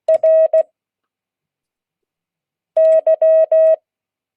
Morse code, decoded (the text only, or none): R Y